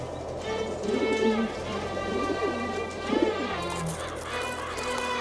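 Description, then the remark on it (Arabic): Birds in the barren mountains of Bakkah cooing in soft, low, repeated phrases, layered over one another against a steady hum, with a faint higher chatter of other birds in the background. No one speaks. “انظر يا جرهمي، كيف يأتي الطير إلى جبال بكة القاحلة؟”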